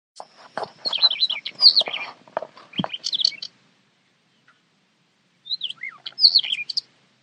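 Bird calls: a busy stretch of clicky, scratchy chatter mixed with high whistled notes for about three seconds, a pause, then a short burst of falling and rising whistles.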